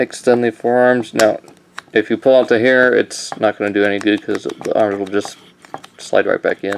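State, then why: Not seated. Someone talks while handling the plastic forearm of a Transformers Generations Beast Wars Rhinox transforming toy robot, which is being extended out from the upper arm. Nothing has seated or clicked yet; the forearm has not yet locked into its extended position.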